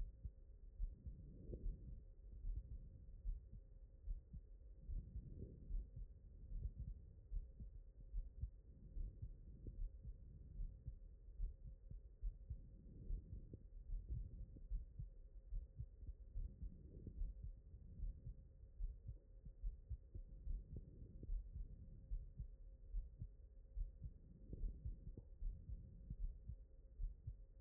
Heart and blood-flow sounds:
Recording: heart sounds by stethoscope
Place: aortic valve (AV)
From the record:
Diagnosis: non-HFrEF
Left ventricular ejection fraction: 73%

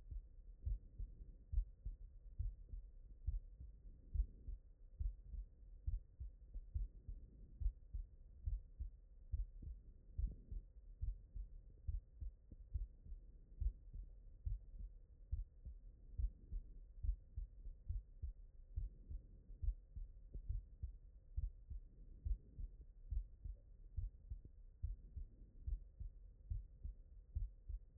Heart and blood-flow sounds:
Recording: heart sounds by stethoscope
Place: mitral valve (MV)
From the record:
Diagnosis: non-HFrEF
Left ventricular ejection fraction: 63%

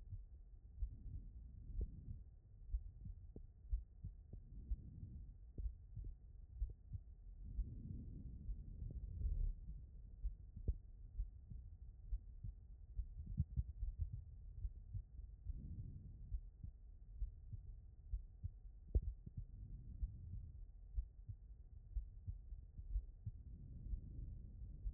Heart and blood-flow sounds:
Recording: heart sounds by stethoscope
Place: aortic valve (AV)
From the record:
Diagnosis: non-HFrEF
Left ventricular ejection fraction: 58%

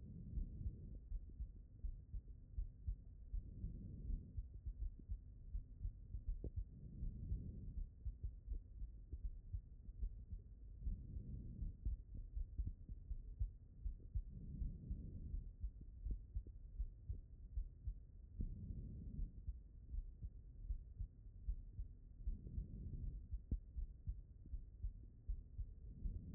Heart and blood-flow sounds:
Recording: heart sounds by stethoscope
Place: pulmonary valve (PV)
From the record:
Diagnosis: non-HFrEF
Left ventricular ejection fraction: 58%

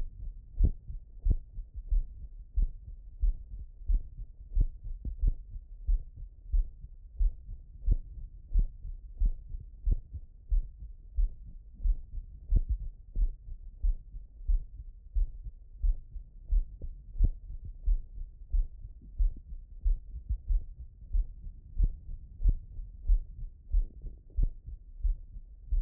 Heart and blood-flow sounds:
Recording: heart sounds by stethoscope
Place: pulmonary valve (PV)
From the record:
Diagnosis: non-HFrEF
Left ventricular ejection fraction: 76%

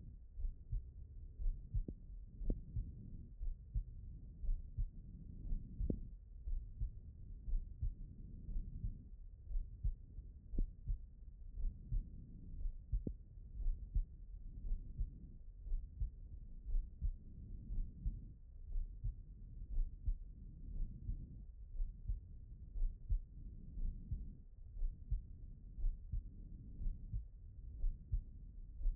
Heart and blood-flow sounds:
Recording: heart sounds by stethoscope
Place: pulmonary valve (PV)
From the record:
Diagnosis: non-HFrEF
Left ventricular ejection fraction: 56%

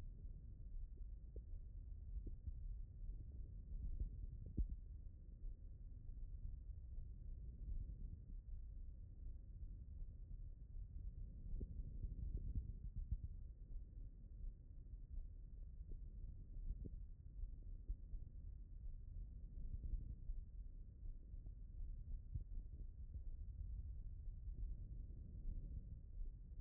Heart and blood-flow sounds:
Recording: heart sounds by stethoscope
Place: pulmonary valve (PV)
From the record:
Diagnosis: non-HFrEF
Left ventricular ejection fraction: 61%

